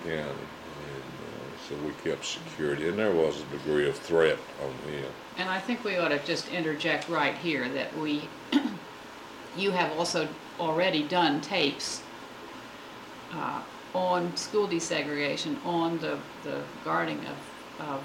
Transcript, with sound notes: And so, we kept security, and there was a degree of threat on him.
And I think we ought to just interject right here that we [clears throat] you have also already done tapes on school desegregation, on the guarding of